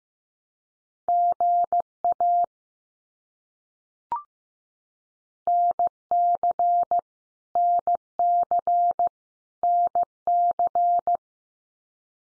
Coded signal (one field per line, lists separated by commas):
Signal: Morse code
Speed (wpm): 15 wpm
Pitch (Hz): 700 Hz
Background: none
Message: GA NC NC NC